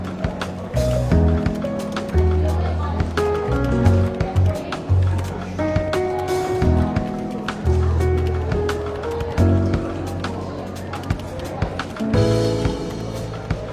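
Soft, relaxed jazz plays in a London bookshop café, with a walking low bass line and warm sustained chords changing every second or two. Light café chatter and murmuring voices run steadily underneath, with small clinks and bumps now and then.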